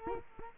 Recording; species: mosquito wingbeat signal from an infrared sensor; Culex quinquefasciatus